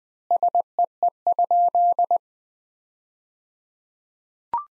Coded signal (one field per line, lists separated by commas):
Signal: Morse code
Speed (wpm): 21 wpm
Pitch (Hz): 700 Hz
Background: none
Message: SEE?